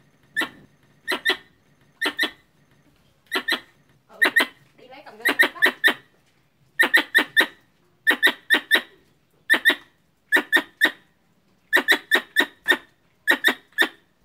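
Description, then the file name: Squirrel chirping call: sharp squeaky clicks in pairs and short bursts, with a brief rustling sound midway, repeating until the end. Female calling a male. "tieng soc cai goi duc soc bong"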